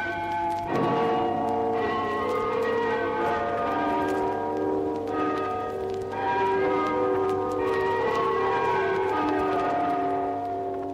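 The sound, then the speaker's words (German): Tower bells ring out the Internationale for the anniversary of the October Revolution in Russia, their sustained, overlapping tones layering into a rich, resonant wash that stays loud and steady throughout, with no voices. “Vom Glockenturm tönt zum Jahrestag der Oktoberrevolution die Internationale.”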